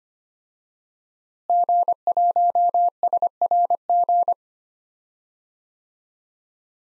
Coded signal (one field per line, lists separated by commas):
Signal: Morse code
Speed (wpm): 25 wpm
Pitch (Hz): 700 Hz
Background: none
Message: G1SRG